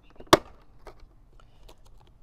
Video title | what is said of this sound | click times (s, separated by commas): How to Run a HIDDEN Charging Cord From Your USB Port to Your Phone? (on a Can Am Ryker) | make sure your panel get snapped into place correctly | 0.3 s